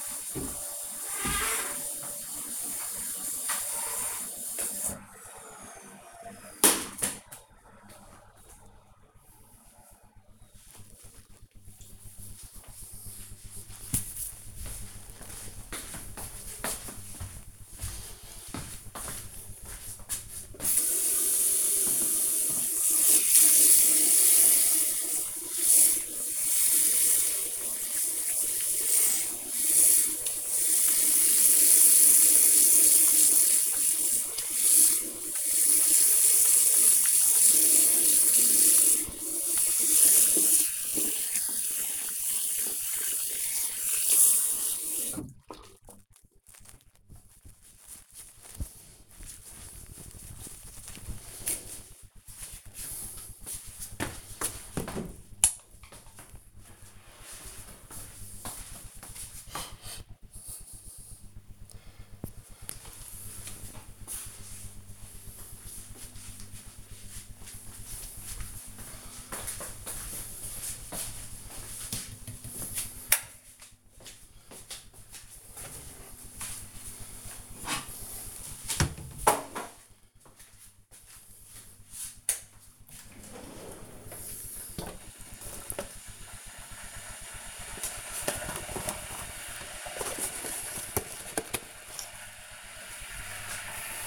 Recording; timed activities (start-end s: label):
household activities, microphone on the right wrist
0.00-4.99 s: vacuum cleaning
20.05-46.25 s: washing hands
74.39-94.06 s: making tea